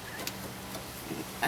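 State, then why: Seated. Plastic cowl panel arms on a 2007 Ford Mustang are pressed with a little pressure into the rubber grommets at the base of the windshield during a water leak fix. Two short snaps are heard at 0.3 s and 1.4 s over a low steady hum as the arms seat in the grommets.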